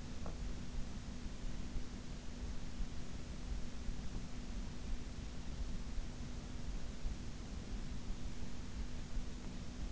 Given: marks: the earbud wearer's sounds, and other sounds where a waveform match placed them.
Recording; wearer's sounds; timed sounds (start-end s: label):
sounds in sleep by an in-ear microphone; teeth grinding
0.00-0.70 s: teeth grinding